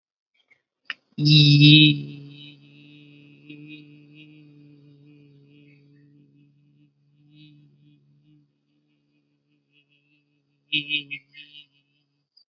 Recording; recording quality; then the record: sustained vowel as in beet; excellent, no background noise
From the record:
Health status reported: healthy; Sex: male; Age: 20 years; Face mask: not worn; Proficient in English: yes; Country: India